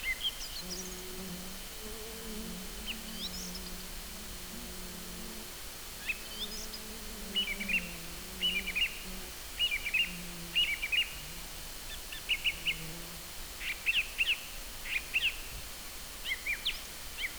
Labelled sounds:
Song Thrush song
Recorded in the wild
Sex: male
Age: adult
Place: Halbinsel Kindo, Karelien, RU
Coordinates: 66.5519, 33.025
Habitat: taiga
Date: 1996-06-23
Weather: overcast, ca. 10 °C
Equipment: Sony TCD-D3, Sennheiser MKH 70, Windkorb
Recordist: Frommolt, Karl-Heinz

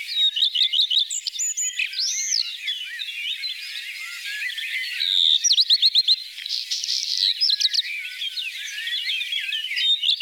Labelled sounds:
Common Redstart song
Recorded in the wild
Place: Oberrotweil am Kaiserstuhl, Baden-Württemberg, DE
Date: 1988-05-12
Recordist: Schwarz, Dieter

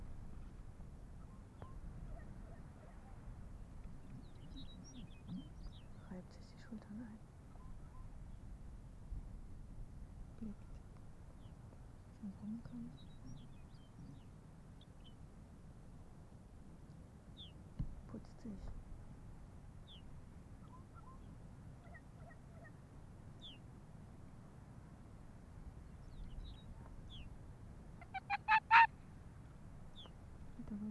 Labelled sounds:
Arctic Fox
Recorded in the wild
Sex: female
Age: adult
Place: Insel Mednyi, Kommandeur-Inseln, RU
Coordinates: 54.5167, 168.083
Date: 1999-07-25 18:21
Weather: 10°C, leicht bewölkt, schwacher Südwestwind
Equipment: Sony WM-D6C, Sennheiser ME 80, K 30 AV, Windkorb, Kopie Tascam DA 30
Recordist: Jakupi, Antje

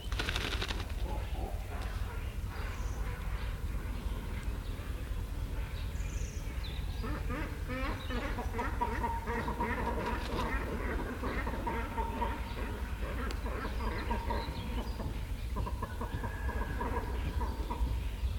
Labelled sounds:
Great Cormorant call
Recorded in the wild
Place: Sundhagen, Mecklenburg-Vorpommern, DE
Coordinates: 54.255, 13.193
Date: 1978-04-23
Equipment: Nagra III BH, Sennheiser MD 21, parabola
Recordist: Schubert, Michael
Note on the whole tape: Nistende und brütende Kormorane

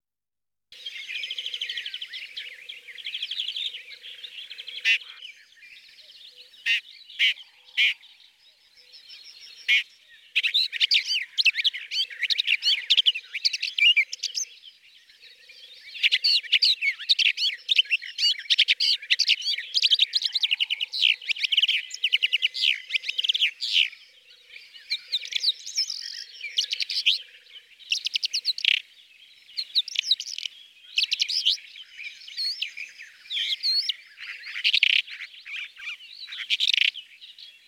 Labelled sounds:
Red-backed Shrike song
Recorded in the wild
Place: Merdingen bis Ihringen / Kaiserstuhl, Baden-Württemberg, DE
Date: 1979-05-26
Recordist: Schwarz, Dieter

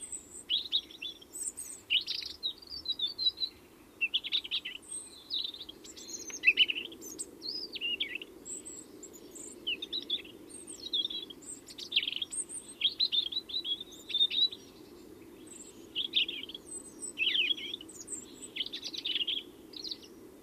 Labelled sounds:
European Robin song
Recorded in the wild
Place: Kaiserslautern, Rheinland-Pfalz, DE
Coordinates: 49.4403, 7.749
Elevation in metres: 261
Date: 1977-03-09
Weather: warm, sunny
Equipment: Nagra IV, Sennheiser MKH 435, Parabolreflektor
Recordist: Tretzel, Erwin

